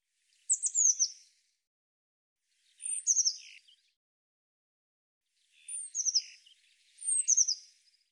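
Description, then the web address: Eurasian blue tit calls: four short bursts of very high, thin notes at irregular intervals. "cianscape birddata Deverinetal 2025 File cleaned normalized Bird Cy Ca"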